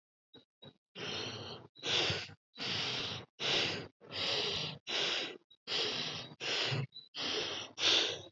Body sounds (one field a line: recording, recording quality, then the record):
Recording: shallow breathing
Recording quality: excellent, no background noise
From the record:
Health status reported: COVID-19 positive, no symptoms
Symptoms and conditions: none ticked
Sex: female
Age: 24 years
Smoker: not ticked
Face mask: not worn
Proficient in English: yes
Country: India